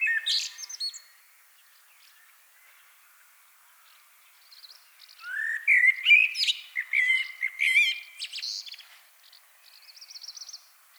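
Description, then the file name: Common blackbird singing: a brief high fragment, several seconds of quiet, then a full fluted phrase with squeaky twitters and a soft trailing twitter. "Turdus merula"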